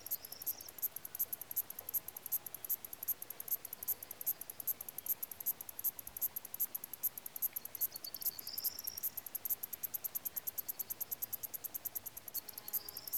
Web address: BBC Sound Effects Library BBC 32-Greece 15 Crickets And Other Insects, Lassi